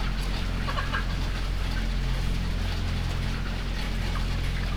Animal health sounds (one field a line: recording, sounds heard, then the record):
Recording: poultry house recording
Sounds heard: healthy chickens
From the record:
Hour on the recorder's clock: 15